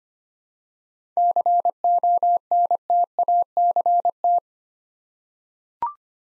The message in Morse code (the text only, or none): CONTACT